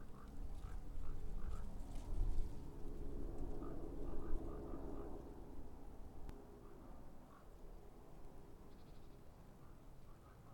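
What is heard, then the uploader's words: Footsteps crunch steadily through dry oak leaves, loudest early then easing off, while short bird calls and croaks repeat faintly. The soothing crunch of leaves on a late winter's day. We're in a wooden vale in the Black Mountains of south wales. It’s very late winter but recent bright and dry weather has crisped the autumn leaves – so while your feet crunch in the litter of oak litter, the first birds are singing and raven croaks rain down from the wide blue sky. Recorded and presented by Fergus Collins.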